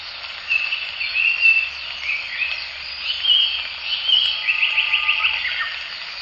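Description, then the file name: Japanese paradise flycatcher song: several whistled phrases, then a quick run of repeated notes near the end. Recorded at the Morito River. "サンコウチョウ 森戸川"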